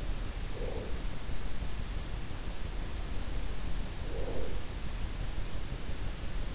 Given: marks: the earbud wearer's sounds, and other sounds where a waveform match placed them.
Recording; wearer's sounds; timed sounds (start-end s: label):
sounds in sleep by an in-ear microphone; breath
0.31-1.26 s: breath
3.72-4.90 s: breath